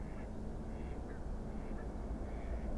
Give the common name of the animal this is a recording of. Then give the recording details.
Mallard. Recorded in Germany. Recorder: ecoPi